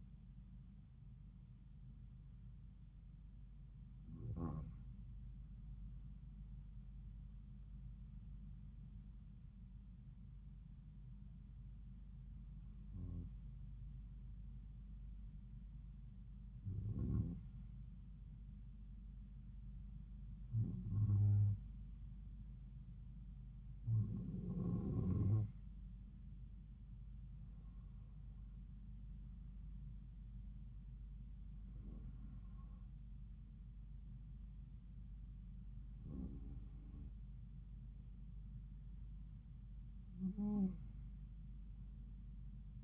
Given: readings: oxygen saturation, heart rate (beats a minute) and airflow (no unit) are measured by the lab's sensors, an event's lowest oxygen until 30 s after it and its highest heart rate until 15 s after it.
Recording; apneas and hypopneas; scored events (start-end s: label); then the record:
breathing in sleep by a smartphone at the bedside; none
0.00-18.00 s: awake
9.00-42.83 s: new sleep stage, N1 (lightest sleep)
From the record:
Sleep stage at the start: awake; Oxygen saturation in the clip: 92 to 94%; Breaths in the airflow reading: 11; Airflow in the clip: -4.6 to 4.7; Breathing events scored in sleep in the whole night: 270 in 6.1 hours asleep